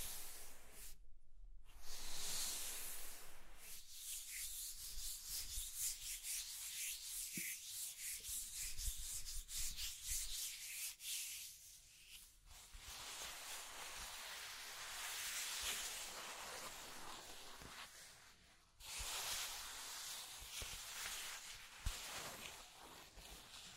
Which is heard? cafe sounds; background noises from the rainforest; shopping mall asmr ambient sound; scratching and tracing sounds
scratching and tracing sounds